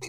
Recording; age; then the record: pig call; weaner (32 to 43 days)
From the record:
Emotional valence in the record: negative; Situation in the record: novel object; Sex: female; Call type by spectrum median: high-frequency call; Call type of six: high-frequency stable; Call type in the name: high-frequency stable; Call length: 0.08 s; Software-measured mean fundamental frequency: 327 Hz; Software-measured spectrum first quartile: 936 Hz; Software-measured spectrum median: 2587 Hz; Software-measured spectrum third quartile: 5766 Hz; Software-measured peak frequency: 377 Hz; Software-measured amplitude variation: 77 dB a second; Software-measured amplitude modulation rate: 6.0 a second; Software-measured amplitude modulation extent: 12.8 dB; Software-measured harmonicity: 2.7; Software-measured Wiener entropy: -2.86